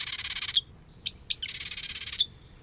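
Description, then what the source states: Marsh Wren song, two dense buzzy rattling bursts of rapid high notes, each roughly half a second long or more, separated by a few soft clicks. Male singing alone at dawn in a western marsh in midsummer, staking out territory and attracting mates.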